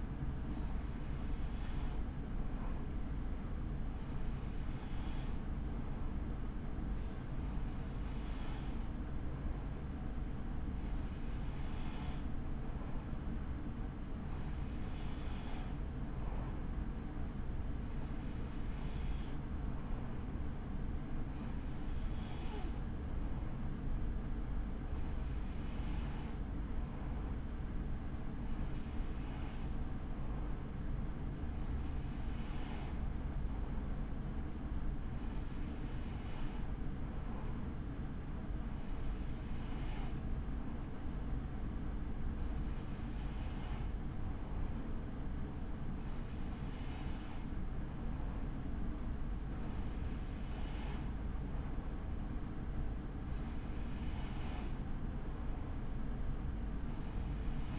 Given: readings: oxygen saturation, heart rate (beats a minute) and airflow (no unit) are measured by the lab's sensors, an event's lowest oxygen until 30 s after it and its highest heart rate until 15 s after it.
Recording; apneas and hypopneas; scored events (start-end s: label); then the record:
breathing in sleep by a smartphone at the bedside; none
none scored
From the record:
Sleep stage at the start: N3 (deep sleep); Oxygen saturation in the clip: 94%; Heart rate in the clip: 54 to 62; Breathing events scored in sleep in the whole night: 83 in 6.1 hours asleep